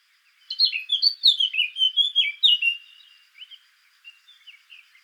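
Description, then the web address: Eurasian blackcap warbling song: a fast run of loud, varied chattering notes, followed by several softer, spaced notes. "sylvia atricapilla call"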